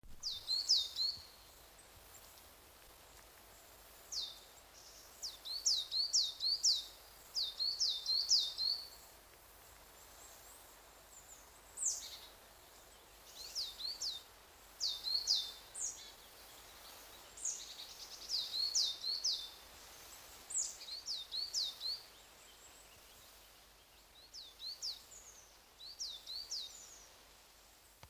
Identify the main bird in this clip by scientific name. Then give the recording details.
Periparus ater. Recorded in the wild. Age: adult. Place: Mühlenbecker Wald, Brandenburg, DE. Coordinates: 52.6961, 13.3767. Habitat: mixed forest. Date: 1983-08-21 11:42. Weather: sunny, 19°C. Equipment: Nagra SN, Sennheiser MKH 416T (Automatik), Kopie Uher 4000 Report Monitor. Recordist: Tembrock, Günter. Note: Rufreihen, Mischwald nördlich vom Summter See